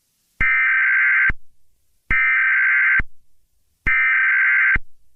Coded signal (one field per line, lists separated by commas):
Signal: Emergency Alert System (SAME) tones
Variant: header bursts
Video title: Creepy EAS Mock: Do Not Go to Sleep Tonight